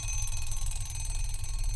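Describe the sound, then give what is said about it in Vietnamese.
An alarm clock rings continuously with a dense, buzzing electronic tone, steady and fairly loud throughout, with no voices. “Lại là cái âm thanh khủng khiếp đó. Quanh giật bắn người dậy, tắt chổi cái đồng hồ.”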